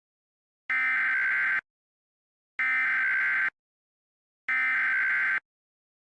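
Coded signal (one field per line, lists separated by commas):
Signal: Emergency Alert System (SAME) tones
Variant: header bursts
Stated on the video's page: Fictional EAS scenario, not a real alert.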